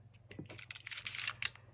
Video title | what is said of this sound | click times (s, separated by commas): Nintendo Switch OLED Unboxing and Setup with Switch OLED Gameplay | you hear that click | 1.4 s